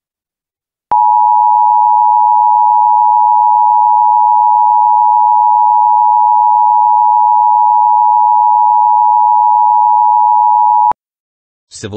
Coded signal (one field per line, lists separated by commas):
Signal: Emergency Alert System (SAME) tones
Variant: 853 and 960 Hz attention tone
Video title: EAS Scenario #3: Angry Munci